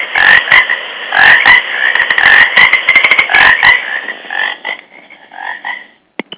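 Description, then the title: Frogs croaking in a dense, overlapping chorus of rapid rattling notes and nasal calls, tailing off before a final short croak. Frog recorded on ice. "frosch auf eis - radio aporee"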